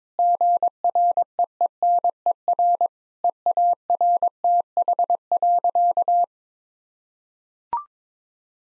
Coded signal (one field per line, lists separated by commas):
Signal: Morse code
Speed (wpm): 22 wpm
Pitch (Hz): 700 Hz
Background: none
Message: GREENER EARTH.